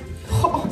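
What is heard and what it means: A small wooden piece, cut with an electric saw from an old table that was already ruined, is pushed into its matching joint in the table to test the fit. Two sharp contact clicks sound at 0.4 s and 0.6 s. The piece seats snugly in the joint.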